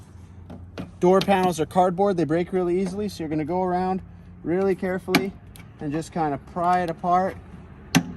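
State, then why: Released. On a 1986 Toyota Pickup, a cardboard-backed door trim panel is pried away from the door shell with a kitchen fork while someone talks. A plastic retaining clip snaps out of its hole with a sharp pop at about 8.0 s, releasing that part of the panel.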